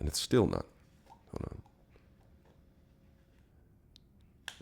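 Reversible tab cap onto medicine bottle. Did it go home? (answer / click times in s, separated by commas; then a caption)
yes / 4.5 s. A reversed plastic tab cap is turned on a medicine bottle after several failed tries while someone talks. A sharp click at 4.5 s marks the cap seating flush into place.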